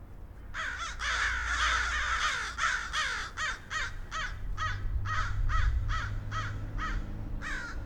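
Crows give a long run of harsh, nasal caws, about three per second, a drawn-out raucous call at first and then clipped repeated notes over a low rumbling background.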